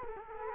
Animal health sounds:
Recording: mosquito wingbeat signal from an infrared sensor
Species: Culex quinquefasciatus

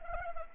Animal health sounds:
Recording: mosquito wingbeat signal from an infrared sensor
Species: Anopheles arabiensis

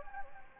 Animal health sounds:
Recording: mosquito wingbeat signal from an infrared sensor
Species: Anopheles gambiae

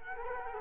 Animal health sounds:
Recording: mosquito wingbeat signal from an infrared sensor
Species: Culex quinquefasciatus

